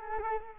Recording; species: mosquito wingbeat signal from an infrared sensor; Culex quinquefasciatus